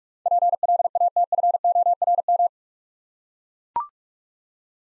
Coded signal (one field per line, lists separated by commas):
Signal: Morse code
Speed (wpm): 44 wpm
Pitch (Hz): 700 Hz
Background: none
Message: PLATFORM